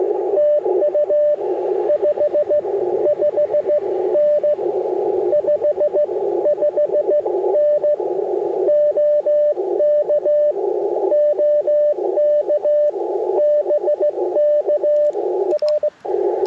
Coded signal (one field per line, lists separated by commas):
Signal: Morse code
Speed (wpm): 21 wpm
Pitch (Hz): 590 Hz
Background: radio noise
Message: TU 55N 55N OK OK BK R